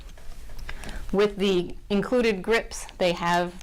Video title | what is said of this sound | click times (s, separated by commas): Nauticam Olympus OM-D E-M1 Mark II Housing Review | they just slide right on close it and it's locked in place with | 0.7 s